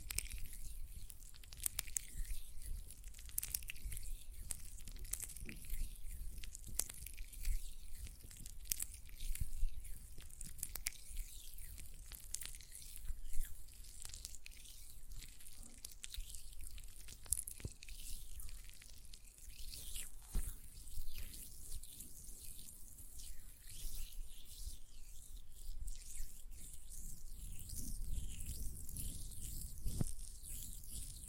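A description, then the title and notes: Hands rub and squish gel lotion in a steady run of soft, wet, sticky sounds. Frequent tiny clicks and smacks come through in the bright upper range, with a low rumble underneath and a few sharper snaps around 13 and 30 seconds. ASMR Gel Lotion Hand Sounds (No Talking).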